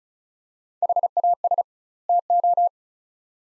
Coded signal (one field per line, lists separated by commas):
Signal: Morse code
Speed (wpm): 36 wpm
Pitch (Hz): 700 Hz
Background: none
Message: HAS TO